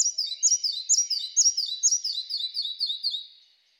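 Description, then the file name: Red-breasted flycatcher song, a rapid ringing series of high downslurred notes, fading away at the end. "Mathias Ritschard - Malaya muholovka Ficedula parva"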